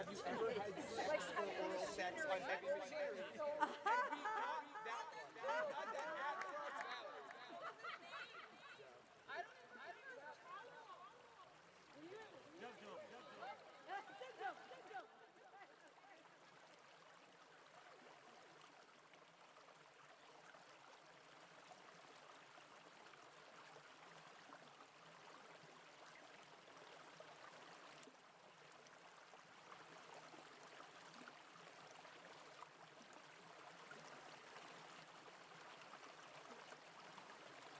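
Water runs in Pigeon Brook, loud and busy for the first fifteen seconds with bright, shifting gurgles that almost sound like chattering voices. Then it drops suddenly to a softer, steady rush that carries on evenly to the end.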